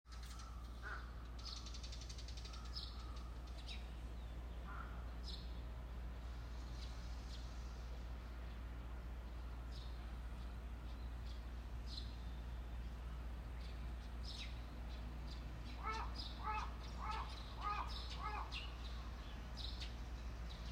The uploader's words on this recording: 西宮市上ヶ原周辺 #鳥の鳴き声 #Birdsong in Sunday morning Nishinomiya Japan.